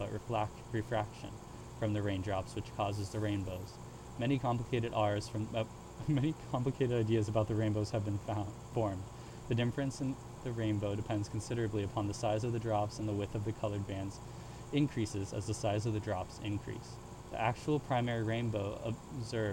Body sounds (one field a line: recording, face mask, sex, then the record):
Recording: reading aloud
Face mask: surgical mask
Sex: male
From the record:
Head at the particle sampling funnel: tilted up or above it, chin in front of it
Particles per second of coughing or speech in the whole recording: 0.0361